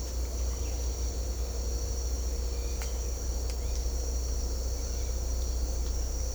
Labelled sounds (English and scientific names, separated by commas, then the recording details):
none
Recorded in secondary vegetation near Puerto Asís, Putumayo, Colombia, on 16 December 2024 at 07:30
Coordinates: 0.500, -76.326
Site G065